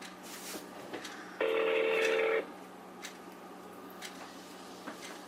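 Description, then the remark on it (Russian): A single steady telephone ringback beep lasts about a second, loud against a quiet line, with scattered faint clicks and ticks before and after it and no talking, as the same number is redialed. “Ну, то есть идут гудки, и потом он как будто сбрасывает там, пожалуйста, там дождитесь ответа”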